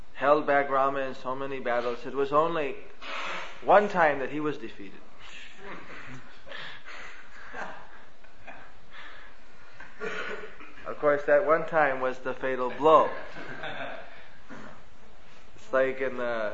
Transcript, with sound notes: held back Rama in so many battles, it was only one time that he was defeated. (devotees laugh) Of course that one time was the fatal blow. Just like in